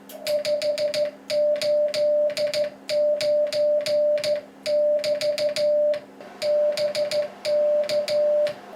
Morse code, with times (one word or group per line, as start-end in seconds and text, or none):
0.3-5.9 589<BT>
6.5-8.5 BK